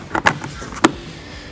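The two front lid latches on an ARB Elements 63QT portable fridge freezer are fastened shut after the lid is closed. There is a brief, lighter clatter first, then a sharp snap at 0.3 s and another at 0.9 s, one for each latch. Both latches seat.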